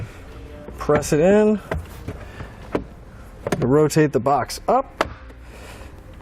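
A plastic glovebox on a 2019 Toyota Highlander is handled while being put back into the dashboard after a cabin air filter change: it is set on its lower hinges and rotated up toward the dash while someone talks. A few short, sharp hits sound at about 2.1, 2.8 and 3.5 seconds. Nothing has seated or clicked into place yet.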